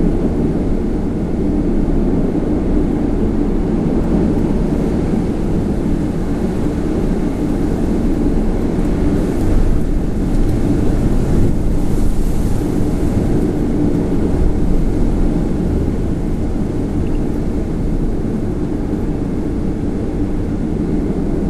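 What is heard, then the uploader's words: Storm wind roars without a break, a heavy, low rumble that stays dense and level for the whole stretch. Around the middle, from about nine to thirteen seconds, a few stronger gusts push up and brighten the hiss before it settles back. A short snippet from Hurricane/ Storm Ex-Ophelia, or simply Storm Ophelia that hit Ireland and UK.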